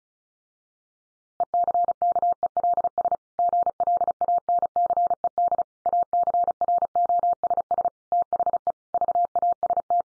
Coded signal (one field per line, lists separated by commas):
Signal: Morse code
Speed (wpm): 34 wpm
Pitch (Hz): 700 Hz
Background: none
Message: ECKELS GLANCED ACROSS THE VAST